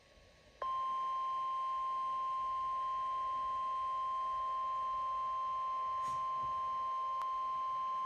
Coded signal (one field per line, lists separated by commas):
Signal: Emergency Alert System (SAME) tones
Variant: 1050 Hz attention tone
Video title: Severe thunderstorm Warning On NOAA Weather Radio